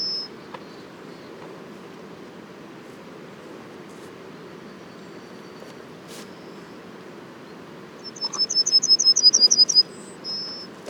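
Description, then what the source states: Yellowhammer: the end of a short high note, a quiet stretch, then a fast string of high repeated notes, a brief higher note and the start of a drawn-out note. Les Alisiers, 21 July 2020; several yellowhammers.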